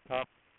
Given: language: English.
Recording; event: throat vibration sensor signal played as sound; speech